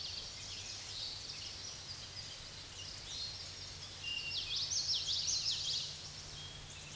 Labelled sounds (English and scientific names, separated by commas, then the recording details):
Common Yellowthroat (Geothlypis trichas) song
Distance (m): 30 m
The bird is about 5 m above the microphone
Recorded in a Pennsylvania forest on 16 May 2024 at 06:33
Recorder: AudioMoth, point MSD-2304
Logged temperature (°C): 16.0 °C
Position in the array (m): 236 m, 175 m